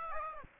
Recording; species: mosquito wingbeat signal from an infrared sensor; Aedes aegypti